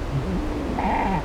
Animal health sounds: contact call of a hoofed animal; goat; low-frequency (closed-mouth) or high-frequency (open-mouth) call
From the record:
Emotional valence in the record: negative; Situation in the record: short social isolation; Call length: 1.25 s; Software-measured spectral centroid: 1440 Hz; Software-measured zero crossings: 1150 a second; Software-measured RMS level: -24 dBFS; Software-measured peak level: -12 dBFS

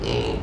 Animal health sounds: contact call of a hoofed animal; pig; closed-mouth grunt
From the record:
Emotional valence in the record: negative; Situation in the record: short social isolation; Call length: 0.43 s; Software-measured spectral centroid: 1970 Hz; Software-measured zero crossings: 1450 a second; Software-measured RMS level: -24 dBFS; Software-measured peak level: -10 dBFS

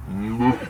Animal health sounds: contact call of a hoofed animal; cattle; low-frequency (closed-mouth) or high-frequency (open-mouth) call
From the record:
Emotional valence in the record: negative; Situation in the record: full separation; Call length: 0.70 s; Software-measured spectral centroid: 1430 Hz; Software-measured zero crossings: 1050 a second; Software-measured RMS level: -23 dBFS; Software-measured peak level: -7 dBFS

